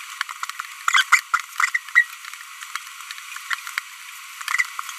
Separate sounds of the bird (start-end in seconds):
0.88-1.03, 1.12-1.20, 1.34-1.40, 1.58-1.69, 1.75-1.77, 1.95-2.03, 3.51-3.54